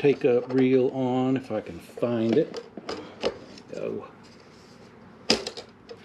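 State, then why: Seated. Someone talks while handling a plastic film take-up reel, with a few light knocks and taps around 2.8 to 3.6 seconds. The reel is pushed onto the spindle of a Magnasonic 8mm/Super 8 movie film scanner and gives a sharp click at 5.3 seconds as it seats in place.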